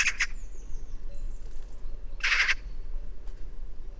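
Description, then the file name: Eurasian magpie uttering rasping, noisy calls, a double note at the start and a longer harsh burst midway, with faint high whistles and low background rumble. "Pica pica"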